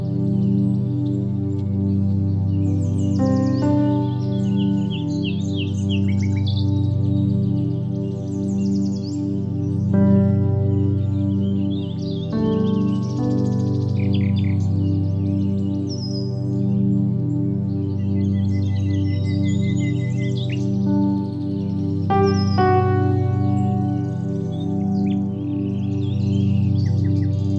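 Birds chirp and trill brightly throughout over a soft, steady piano, with sustained low chords and occasional gentle notes around 4, 10, 13 and 22 seconds.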